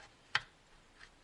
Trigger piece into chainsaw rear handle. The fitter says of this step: some snaps into place you can be a little bear and first if